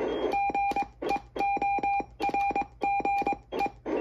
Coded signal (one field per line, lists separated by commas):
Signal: Morse code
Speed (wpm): 22 wpm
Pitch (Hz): 800 Hz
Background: none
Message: GEORGE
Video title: Old Friend QRP CW Transceiver Demo